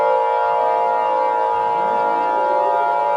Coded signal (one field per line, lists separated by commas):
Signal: Emergency Alert System (SAME) tones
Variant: 853 and 960 Hz attention tone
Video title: EAS SCENARIO: Snowmen Invasion